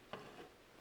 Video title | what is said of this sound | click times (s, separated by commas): Android Auto CarPlay in your Hyundai Sonata. Touchscreen! | and give it a little click | 0.1 s